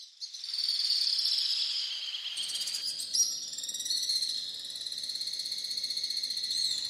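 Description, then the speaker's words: Alpine Swift calls: a harsh, fast, buzzy chatter, high and continuous throughout. Harsh, nervous, almost electric call. "El canto del vencejo real es áspero y nervioso, casi casi eléctrico."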